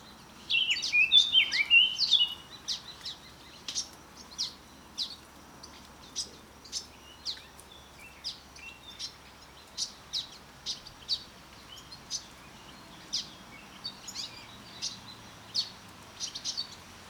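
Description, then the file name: Eurasian blackcap giving a short burst of scratchy warbling, then sharp dry ticking calls repeated roughly every half second to second, steady and clipped against quiet background. "Sylvia atricapilla"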